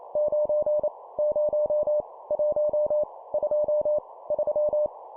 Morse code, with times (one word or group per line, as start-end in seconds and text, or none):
0.2-0.9 9
1.2-2.0 0
2.3-3.0 1
3.3-4.0 2
4.3-4.9 3